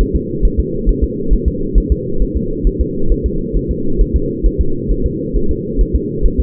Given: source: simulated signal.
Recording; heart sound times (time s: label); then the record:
fetal heart sounds
0.01 s: S1
0.16 s: S2
0.45 s: S1
0.59 s: S2
0.89 s: S1
1.03 s: S2
1.33 s: S1
1.48 s: S2
1.78 s: S1
1.92 s: S2
2.22 s: S1
2.37 s: S2
2.67 s: S1
2.81 s: S2
3.12 s: S1
3.26 s: S2
3.56 s: S1
3.71 s: S2
4.01 s: S1
4.16 s: S2
4.46 s: S1
4.61 s: S2
4.91 s: S1
5.06 s: S2
5.36 s: S1
5.51 s: S2
5.81 s: S1
5.96 s: S2
6.26 s: S1
6.40 s: S2
From the record:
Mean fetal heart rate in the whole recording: 135 bpm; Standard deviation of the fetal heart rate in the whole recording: 3 bpm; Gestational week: 36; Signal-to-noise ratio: -8.1 dB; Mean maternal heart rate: 72 bpm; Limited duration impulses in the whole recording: absent